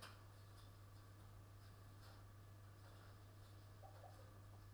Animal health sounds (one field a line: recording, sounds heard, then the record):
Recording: poultry house recording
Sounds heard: healthy chickens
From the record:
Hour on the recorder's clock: 21